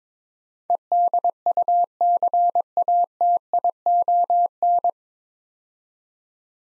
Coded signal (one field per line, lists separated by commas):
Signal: Morse code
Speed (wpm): 22 wpm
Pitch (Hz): 700 Hz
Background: none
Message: EDUCATION